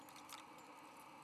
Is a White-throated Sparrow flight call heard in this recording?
no